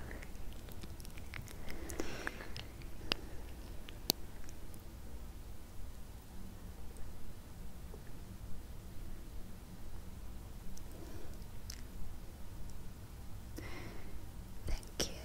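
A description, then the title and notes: Quiet hand movements and face touching, with soft rustles and brushing swells around two, eleven and fourteen seconds. Sharp little clicks and taps land now and then, notably near four seconds, over a low, steady hum. ASMR Simple Handmovement & Face Touching with a litte bit of Layered Sound.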